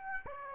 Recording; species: mosquito wingbeat signal from an infrared sensor; Aedes aegypti